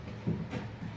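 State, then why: Not seated. A thin LED wafer/disk light fixture is handled as its spring clips are flipped up and it is pushed toward a drywall ceiling cutout. There are soft, low handling bumps and rustle over a steady low hum, a little louder around 0.3 s and 0.55 s. Nothing has seated or clicked yet.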